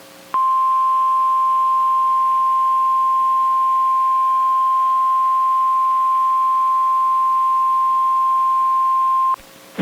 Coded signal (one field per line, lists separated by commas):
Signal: Emergency Alert System (SAME) tones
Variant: 1050 Hz attention tone